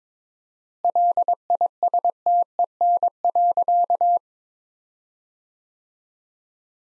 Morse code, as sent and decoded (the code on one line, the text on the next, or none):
.-.. .. ... - . -. .-.-.-
LISTEN.